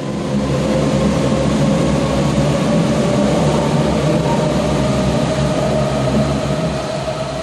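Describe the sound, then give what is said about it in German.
A subway train rumbles steadily through U-Bahnhof Zoologischer Garten station, a loud continuous low roar with a faint whining hum riding on top, holding even throughout with no voices. “Ich glaube, am U-Bahnhof Zoologischer Garten, da wird gerade kontrolliert.”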